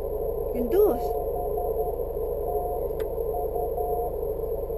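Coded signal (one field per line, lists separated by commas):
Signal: Morse code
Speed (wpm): 11 wpm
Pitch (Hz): 710 Hz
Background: speech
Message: BTU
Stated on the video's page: Portable amateur CW contact made with a hand key by an operator out of practice for years.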